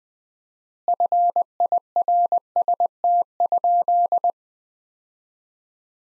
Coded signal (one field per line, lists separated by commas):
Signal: Morse code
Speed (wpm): 20 wpm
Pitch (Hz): 700 Hz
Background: none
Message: FIRST?